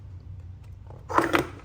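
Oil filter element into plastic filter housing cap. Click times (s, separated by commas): 1.2 s, 1.3 s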